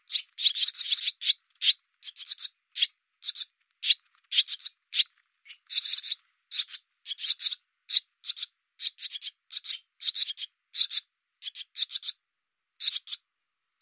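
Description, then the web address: Barn swallow, a long series of harsh, buzzy chirps in uneven clusters with short pauses throughout. "cianscape birddata Deverinetal 2025"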